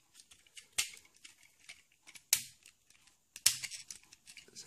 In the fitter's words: Voilà. Ça y est. Et voilà. C'est clipsé.